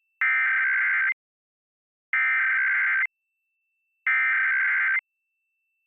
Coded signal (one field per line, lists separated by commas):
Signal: Emergency Alert System (SAME) tones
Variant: header bursts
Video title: National EAS Test in KSNW